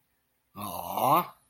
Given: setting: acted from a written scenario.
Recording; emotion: vocal sound without words; adoration